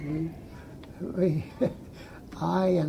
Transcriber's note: laughs